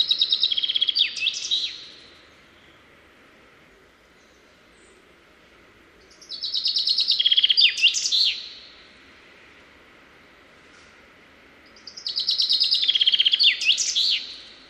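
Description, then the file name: Common chaffinch singing three times, about every six seconds; each phrase is a quick descending trill that ends with an emphatic flourish. "Fringilla coelebs"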